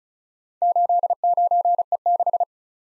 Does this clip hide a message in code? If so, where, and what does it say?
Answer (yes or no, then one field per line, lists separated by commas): yes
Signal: Morse code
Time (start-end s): 0.6-2.4 s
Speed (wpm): 36 wpm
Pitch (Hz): 700 Hz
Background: none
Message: 89E6